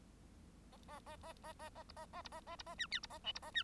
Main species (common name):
Bengalese Finch